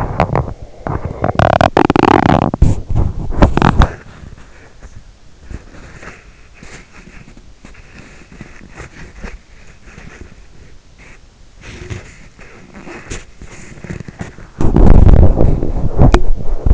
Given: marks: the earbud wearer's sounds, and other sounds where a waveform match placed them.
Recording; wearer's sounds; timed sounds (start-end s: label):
sounds in sleep by an in-ear microphone; teeth grinding, body movement
0.24-3.82 s: teeth grinding
4.08-16.74 s: body movement